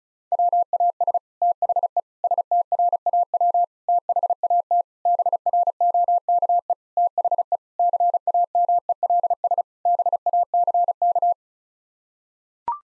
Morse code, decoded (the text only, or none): WAS THE STRAW THAT BROKE THE CAMELS BACK